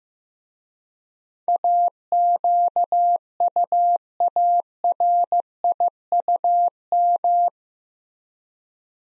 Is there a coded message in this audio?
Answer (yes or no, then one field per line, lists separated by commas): yes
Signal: Morse code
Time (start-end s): 1.5-7.5 s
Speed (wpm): 15 wpm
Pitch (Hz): 700 Hz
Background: none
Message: AQUARIUM